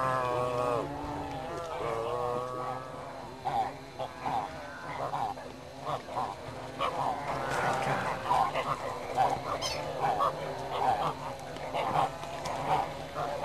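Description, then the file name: Dalmatian pelican calls: overlapping wavering, harmonic moans and honks from several birds, coming in irregular bursts over a steady low hum. "Pelecanus-crispus-Dalmatian-Pelican-Къдроглав-пеликан"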